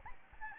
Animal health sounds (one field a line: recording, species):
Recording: mosquito wingbeat signal from an infrared sensor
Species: Aedes albopictus